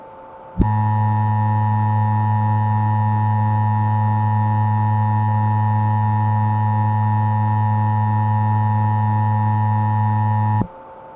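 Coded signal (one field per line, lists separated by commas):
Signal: Emergency Alert System (SAME) tones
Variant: 853 and 960 Hz attention tone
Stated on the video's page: Mock EAS recreation of a fictional distorted 1999 evacuation alert.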